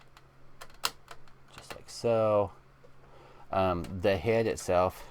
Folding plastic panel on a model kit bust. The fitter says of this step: fold up and should snap into place just like